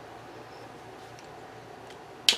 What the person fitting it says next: Snaps back on.